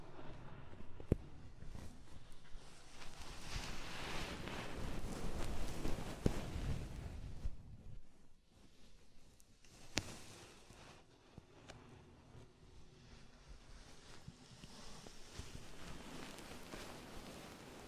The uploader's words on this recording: ASMR Oil, Foam and Tingly Ear Massage.